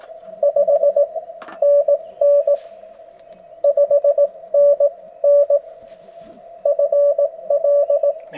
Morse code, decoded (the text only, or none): 5NN 5NN FL